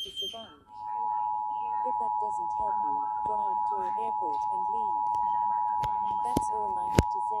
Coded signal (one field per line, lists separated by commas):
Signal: Emergency Alert System (SAME) tones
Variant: 853 and 960 Hz attention tone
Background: speech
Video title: EAS Scenario #1 2012 the movie in UK